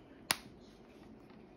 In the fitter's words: tighten it well, we put the second one, that's two clicks